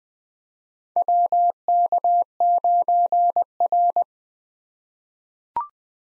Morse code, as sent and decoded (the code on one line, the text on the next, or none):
.-- -.- ----. .-.
WK9R